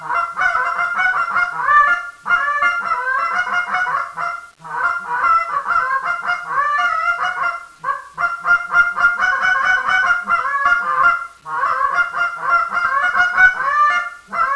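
Goose, a nearly continuous series of loud nasal honks with only brief dips between bursts.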